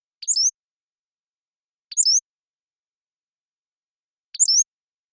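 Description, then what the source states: Pacific-slope flycatcher giving three high, sharp, slurred phrases, spaced roughly two seconds apart, against complete quiet. Long song sequence captured with a parabolic microphone, with natural rhythm and pace.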